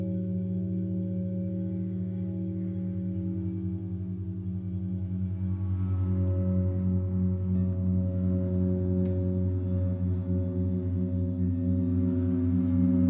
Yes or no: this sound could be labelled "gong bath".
yes